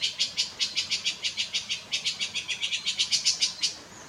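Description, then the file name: Red-crowned ant-tanager calling in a fast, steady series of harsh, rasping pulses for about four seconds. "Canto do tie de bando"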